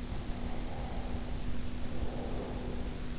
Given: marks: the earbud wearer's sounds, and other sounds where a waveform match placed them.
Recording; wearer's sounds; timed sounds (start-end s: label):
sounds in sleep by an in-ear microphone; breath
0.48-3.06 s: breath